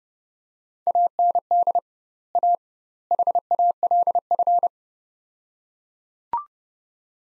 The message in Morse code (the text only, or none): AND A HALF